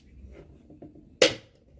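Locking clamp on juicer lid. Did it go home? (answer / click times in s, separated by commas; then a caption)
released / 1.2 s. The locking clamp on the lid of a Hoffmans HM 639 juicer is lifted up to open it, and a single sharp click sounds at 1.2 s over a quiet low background. The lid lock is released and unlocks.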